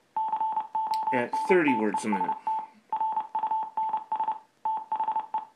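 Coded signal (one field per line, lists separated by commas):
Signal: Morse code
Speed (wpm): 27 wpm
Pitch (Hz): 880 Hz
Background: speech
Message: CONTEST RUNS THE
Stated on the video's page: Morse code sent as audio from a laptop computer.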